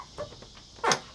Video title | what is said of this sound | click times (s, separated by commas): Headlight bulb replacement on a Lincoln Town Car | there I heard it click finally heard it click | 0.9 s